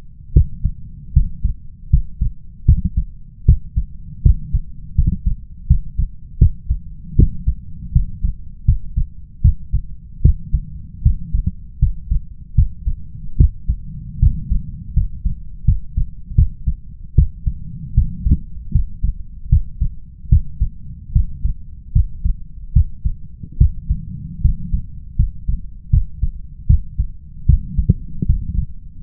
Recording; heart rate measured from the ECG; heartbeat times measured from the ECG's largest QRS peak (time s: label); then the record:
heart sounds by stethoscope; 77 bpm
0.33 s: heartbeat
1.13 s: heartbeat
1.90 s: heartbeat
2.65 s: heartbeat
3.45 s: heartbeat
4.22 s: heartbeat
4.95 s: heartbeat
5.67 s: heartbeat
6.38 s: heartbeat
7.16 s: heartbeat
7.92 s: heartbeat
8.65 s: heartbeat
9.41 s: heartbeat
10.22 s: heartbeat
11.02 s: heartbeat
11.79 s: heartbeat
12.55 s: heartbeat
13.37 s: heartbeat
14.19 s: heartbeat
14.93 s: heartbeat
15.65 s: heartbeat
16.35 s: heartbeat
17.15 s: heartbeat
17.94 s: heartbeat
18.72 s: heartbeat
19.49 s: heartbeat
20.29 s: heartbeat
21.12 s: heartbeat
21.92 s: heartbeat
22.73 s: heartbeat
23.57 s: heartbeat
24.41 s: heartbeat
25.16 s: heartbeat
25.90 s: heartbeat
26.66 s: heartbeat
27.46 s: heartbeat
28.26 s: heartbeat
29.01 s: heartbeat
From the record:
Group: healthy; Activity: rest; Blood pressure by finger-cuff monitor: 134/75 mmHg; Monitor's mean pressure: 97 mmHg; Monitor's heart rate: 77 bpm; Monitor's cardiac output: 7.3 L/min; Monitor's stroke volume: 95 mL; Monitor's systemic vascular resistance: 980 dyn s/cm5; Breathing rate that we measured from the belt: 18 breaths a minute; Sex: male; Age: 21 years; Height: 180 cm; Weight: 67.5 kg